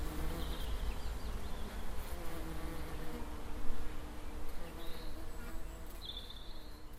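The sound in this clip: Bees buzzing in a low, steady hum with faint overtones, while a few short high chirps sound in the background.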